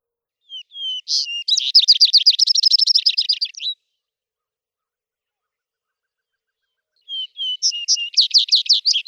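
Vesper sparrow song: a few short opening notes followed by a long, bright run of rapid trills, then the song starts again after a pause of a few seconds.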